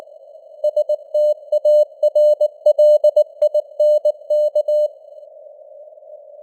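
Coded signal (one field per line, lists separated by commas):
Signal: Morse code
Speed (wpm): 19 wpm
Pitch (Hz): 600 Hz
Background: none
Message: STARLINK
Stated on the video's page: Morse news headlines at 19 wpm with simulated radio noise and varying signal strength (QSB).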